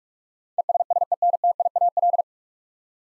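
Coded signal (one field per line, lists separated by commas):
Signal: Morse code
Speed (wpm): 46 wpm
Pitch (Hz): 700 Hz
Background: none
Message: ESSENTIAL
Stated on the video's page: Morse head-copy practice at 45 wpm sending nine-letter words, each word sent, spoken, then sent again.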